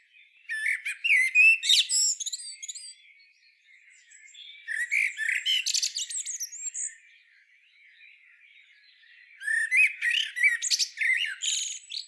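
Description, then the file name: Common blackbird song: three separate phrases of fluty and squeaky, twittering high notes, with short quiet pauses between. "Turdus merula"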